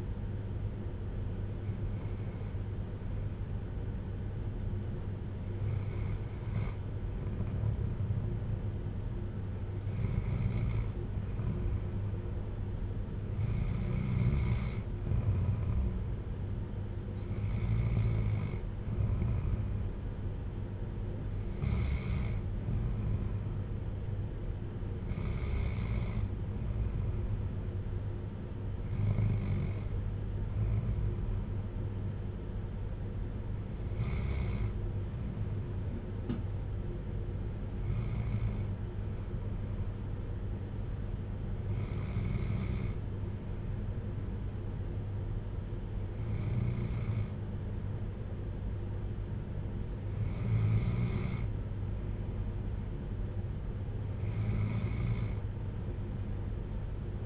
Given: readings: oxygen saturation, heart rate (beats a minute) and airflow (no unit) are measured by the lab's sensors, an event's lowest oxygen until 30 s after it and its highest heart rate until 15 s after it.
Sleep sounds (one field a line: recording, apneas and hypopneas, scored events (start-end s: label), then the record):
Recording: breathing in sleep by a smartphone at the bedside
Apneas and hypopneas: none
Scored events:
10.00-57.26 s: new sleep stage, N2 (light sleep)
From the record:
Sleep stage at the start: N1 (lightest sleep)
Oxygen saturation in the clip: 93 to 95%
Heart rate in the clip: 54 to 59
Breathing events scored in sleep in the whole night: 310 in 8.1 hours asleep